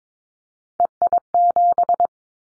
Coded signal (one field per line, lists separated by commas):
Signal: Morse code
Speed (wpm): 22 wpm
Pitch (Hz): 700 Hz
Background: none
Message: EI7